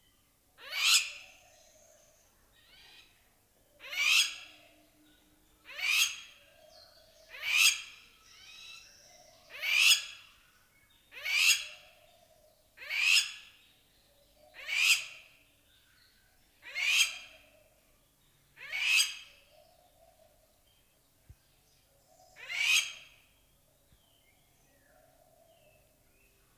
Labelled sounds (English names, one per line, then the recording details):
Crowned Lapwing alarm call
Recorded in captivity
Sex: female
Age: adult
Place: Zoo Berlin, Berlin, DE
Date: 1997-10-25 11:10
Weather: cloudy, 3°C
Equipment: Nagra SN, Kopie Uher 4000 Report Monitor
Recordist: Tembrock, Günter